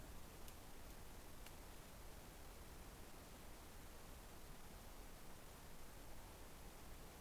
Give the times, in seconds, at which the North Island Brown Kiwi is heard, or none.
none